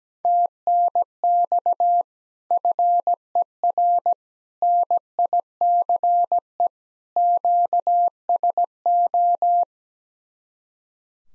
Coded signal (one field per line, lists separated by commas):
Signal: Morse code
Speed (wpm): 17 wpm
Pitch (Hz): 700 Hz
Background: none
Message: TNX FER NICE QSO